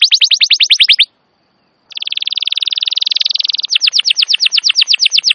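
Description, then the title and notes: Canary song of fast repeated downslurred whistles, a short gap, then a rapid buzzy rattle-trill followed by more rhythmic descending whistled notes. Canary song described as long and very vigorous, used as a lure and master recording suited for training wild canaries. "Pikat Kenari GACOR PANJANG INI Cocok Untuk Masteran KENARI LIAR. Masteran burung kenari gacor parah"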